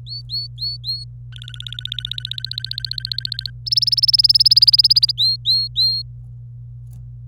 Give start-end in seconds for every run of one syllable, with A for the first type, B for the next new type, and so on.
0.07-1.04 A, 1.32-3.50 B, 3.66-5.11 C, 5.18-6.02 A